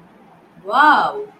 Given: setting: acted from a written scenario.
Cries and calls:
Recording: vocal sound without words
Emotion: embarrassment

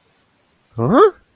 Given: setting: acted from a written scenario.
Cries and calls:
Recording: vocal sound without words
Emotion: confusion

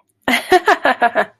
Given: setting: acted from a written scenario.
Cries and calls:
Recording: vocal sound without words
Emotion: amusement

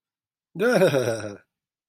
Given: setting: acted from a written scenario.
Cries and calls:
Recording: vocal sound without words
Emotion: amusement

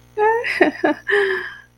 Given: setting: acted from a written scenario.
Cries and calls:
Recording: vocal sound without words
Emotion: positive surprise

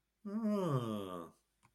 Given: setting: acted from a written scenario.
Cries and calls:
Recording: vocal sound without words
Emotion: realization

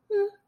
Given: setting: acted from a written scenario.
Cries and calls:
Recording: vocal sound without words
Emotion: neutral

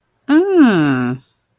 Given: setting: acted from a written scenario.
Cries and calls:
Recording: vocal sound without words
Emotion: interest

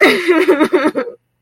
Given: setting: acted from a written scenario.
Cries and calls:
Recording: vocal sound without words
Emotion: sadness

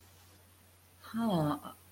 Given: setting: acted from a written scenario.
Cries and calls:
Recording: vocal sound without words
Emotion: confusion

